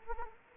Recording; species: mosquito wingbeat signal from an infrared sensor; Anopheles arabiensis